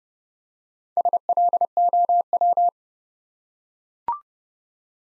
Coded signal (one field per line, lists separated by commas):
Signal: Morse code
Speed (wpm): 30 wpm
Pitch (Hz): 700 Hz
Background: none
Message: SLOW